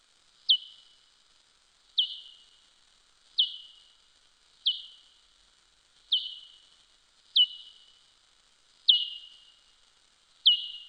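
Soprano pipistrelle calls heard as eight crisp descending sweeps with level trailing tones, spaced roughly every 1.4 seconds, nothing else audible.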